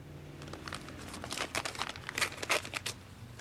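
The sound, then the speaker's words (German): Paper crinkles and rustles as a letter of blank white paper is unfolded, a run of crisp, irregular crackles that grow louder in the middle before easing off, with a low steady hum underneath. “Und was ist das hier? Ein Brief.”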